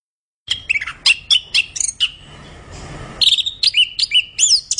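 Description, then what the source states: Orange-headed thrush singing bright whistled phrases and chirps, then briefly falling quiet under a soft hiss before resuming with quick, clear rising and falling notes. Singing persistently and loudly (gacor).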